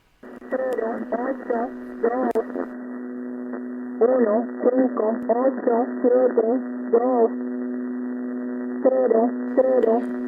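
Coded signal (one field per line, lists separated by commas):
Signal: numbers station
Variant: V02a Spanish Lady, Spanish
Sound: a woman's voice on shortwave reading short separate words, likely numbers, with pauses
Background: radio static and hum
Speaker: con una emisión en español es la Víctor 2 Alfa de spanish Lady escuchada atención en 6.768 kilohercios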